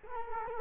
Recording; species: mosquito wingbeat signal from an infrared sensor; Culex quinquefasciatus